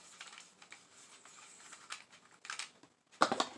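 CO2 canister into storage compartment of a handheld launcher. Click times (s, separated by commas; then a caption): 3.2 s. A CO2 canister is pushed back into the storage compartment at the end of a handheld personal protection launcher, which was opened with the wrench end. Soft clicks and light handling sounds lead up to a loud, sharp snap at 3.2 seconds as the canister seats, followed by a couple of smaller clicks. No one talks.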